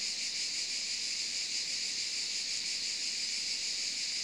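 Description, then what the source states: Cicadas droning together in a steady, piercing buzz with no breaks. In the Maures, Var, France, on 3 July 2024 at 13:30.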